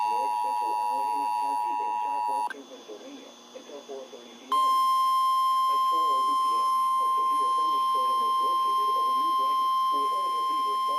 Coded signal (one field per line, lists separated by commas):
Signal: Emergency Alert System (SAME) tones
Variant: 853 and 960 Hz attention tone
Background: speech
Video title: EAS 2849-2852 PBZ SVR